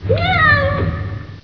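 Cat meowing: a single drawn-out meow that rises and then slowly falls away, over a low hum.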